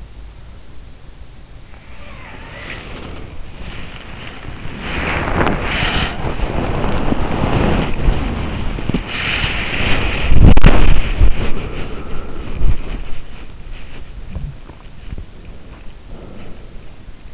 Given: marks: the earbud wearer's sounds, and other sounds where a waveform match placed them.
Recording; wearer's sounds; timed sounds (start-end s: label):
sounds in sleep by an in-ear microphone; body movement, swallowing, breath
1.51-16.02 s: body movement
1.73-3.16 s: sound from someone else or the room
9.49-10.96 s: sound from someone else or the room
14.26-15.42 s: swallowing
15.56-17.34 s: breath